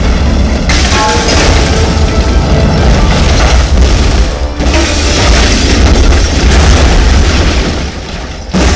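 A burning car explodes as its fuel tank blows up, a heavy, sustained roar, a deep rumbling blast that fills the whole stretch with dense crackling and low booming debris noise, fading slightly near the end.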